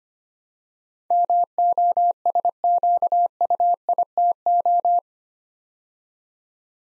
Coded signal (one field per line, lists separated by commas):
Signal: Morse code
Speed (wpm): 26 wpm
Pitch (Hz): 700 Hz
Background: none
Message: MOSQUITO